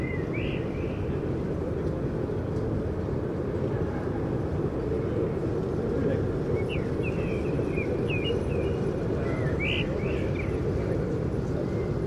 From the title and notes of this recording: Overhead overview, a public space, immediately south of Holland Spoor rail station, Den Haag, Netherlands, a given spring evening of the year 2019 – warm air, birds; foot, bicycle and scooter traffic; birds.